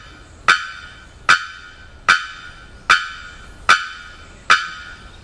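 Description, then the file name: Bearded bellbird giving loud, explosive, clanging bock notes, six in a row, evenly spaced about every 0.8 seconds, each sharp onset ringing briefly against a quiet background. Recorded on 27 October 2001. "2001-10-27 Bearded Bellbird"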